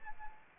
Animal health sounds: mosquito wingbeat signal from an infrared sensor; Anopheles arabiensis

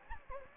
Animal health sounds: mosquito wingbeat signal from an infrared sensor; Anopheles gambiae

